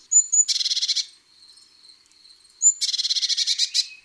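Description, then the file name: Eurasian blue tit calling: a thin high note or two, then a rapid buzzy churring burst; this happens twice, with quiet thin notes between. Garden bird. "Mesange bleue"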